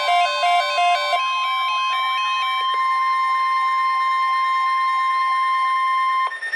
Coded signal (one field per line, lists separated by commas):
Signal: Emergency Alert System (SAME) tones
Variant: 1050 Hz attention tone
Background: music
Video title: Severe Thunderstorm Watch - 07/13/15 (EAS #925)